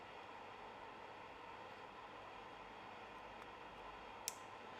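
After cleaning, a detachable blade is pushed back onto the hair clipper body over steady background hiss. A single sharp click at 4.3 s shows the blade has seated in place.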